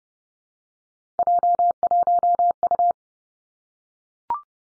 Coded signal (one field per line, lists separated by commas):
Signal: Morse code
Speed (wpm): 30 wpm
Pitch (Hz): 700 Hz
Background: none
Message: J1U